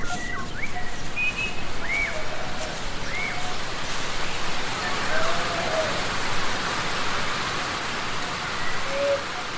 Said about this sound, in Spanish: No había hecho más que unos pocos metros cuando la suerte quiso que una lluvia repentina se abatiera sobre el pueblo. Y allí iba el cura, empapándose,